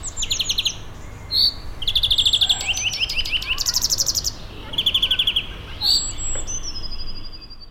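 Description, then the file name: European greenfinch twittering in quick trilled runs, with sliding whistled notes and a drawn-out high tone near the end, over faint background hum. "Chloris chloris"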